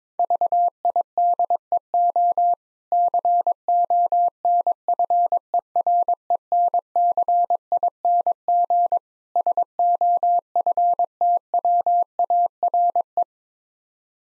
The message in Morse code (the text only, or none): VIDEO CONFERENCING SOFTWARE